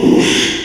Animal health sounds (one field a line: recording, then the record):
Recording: squeal of a Yucatan mini pig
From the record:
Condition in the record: after surgery on the right vocal fold (resection and tissue-engineered implant)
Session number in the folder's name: 1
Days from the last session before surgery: 6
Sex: male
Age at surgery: 12 weeks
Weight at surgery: 13 kg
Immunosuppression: cyclosporine, prednisolone